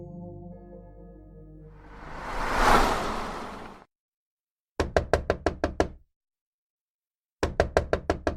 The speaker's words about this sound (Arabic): هذا ليس جزءا من الحلم، إنه حق. هناك من يقرع الباب في فظاظة. قرص المنبه الفسفوري يلتمع في الظلام. الثالثة صباحا، لا أحد يأتي في الثالثة صباحا ويضرب الباب بدلا من الجرس ويكون صديقا آتيا لغرض ودي.